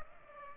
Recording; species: mosquito wingbeat signal from an infrared sensor; Culex pipiens